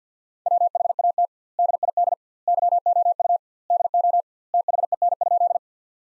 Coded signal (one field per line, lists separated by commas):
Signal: Morse code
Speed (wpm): 50 wpm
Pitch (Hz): 700 Hz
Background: none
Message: WHAT DID YOU DO THEN?